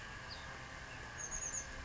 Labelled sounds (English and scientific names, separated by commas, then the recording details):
Chestnut-backed Chickadee (Poecile rufescens)
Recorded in Sonoma County, California